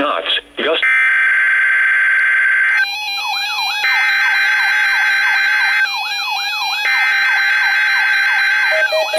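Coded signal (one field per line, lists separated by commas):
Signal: Emergency Alert System (SAME) tones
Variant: header bursts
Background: speech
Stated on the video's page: NOAA Weather Radio Required Weekly Test from station in Milwaukee, Wisconsin.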